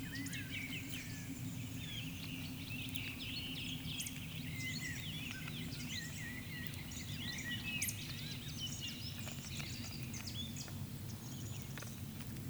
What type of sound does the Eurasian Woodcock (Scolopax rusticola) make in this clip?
whistle, croak